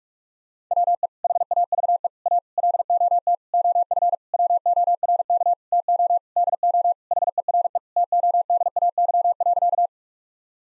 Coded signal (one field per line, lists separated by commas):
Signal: Morse code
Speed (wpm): 41 wpm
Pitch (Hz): 700 Hz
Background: none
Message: WE HAVE A LOT OF WORK TO DO HERE TODAY.